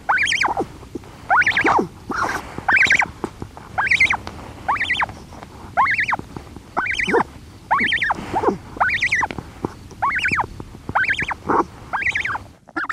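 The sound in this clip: Cory's shearwater chicks calling: thin whistled cries that rise then drop, repeated roughly once a second, over a steady low background hiss.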